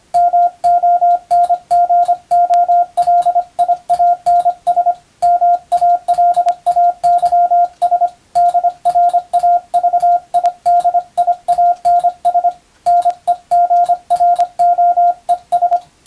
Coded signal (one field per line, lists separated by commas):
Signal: Morse code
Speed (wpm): 25 wpm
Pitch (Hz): 700 Hz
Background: radio noise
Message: MONGOLIANS MALAYS DRAVIDIANS NEGROES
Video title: 無線従事者国家試験総合無線通信士電気通信術のトレーニングにＣＷを打ってみました。アマチュア無線ハムの受信練習にもどうぞ(morse code practice for radio operator )